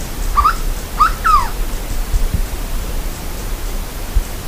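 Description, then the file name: Bird call: two hoarse, arching notes, each rising then falling, the second longer and doubled, over steady low rumbling background noise. "SABIOD 50 bird 2015"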